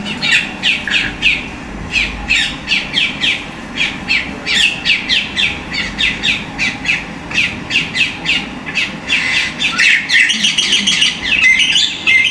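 Bird calls: dense, rapid high chirps and squawks in quick bursts, several per second, continuing throughout with little pause.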